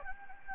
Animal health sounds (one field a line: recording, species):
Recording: mosquito wingbeat signal from an infrared sensor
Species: Anopheles gambiae